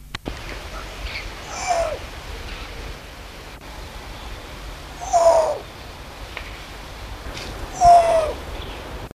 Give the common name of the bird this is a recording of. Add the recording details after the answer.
Spectacled Owl. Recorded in captivity. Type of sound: call. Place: Zoo Hannover, Niedersachsen, DE. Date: 1974-10-12. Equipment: Halbspur, 9,5 cm/s. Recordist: Lütgens, Hans. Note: Ruft in großen Abständen